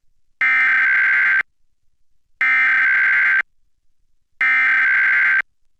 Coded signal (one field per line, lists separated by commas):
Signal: Emergency Alert System (SAME) tones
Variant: header bursts